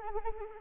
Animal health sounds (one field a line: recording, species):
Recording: mosquito wingbeat signal from an infrared sensor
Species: Anopheles arabiensis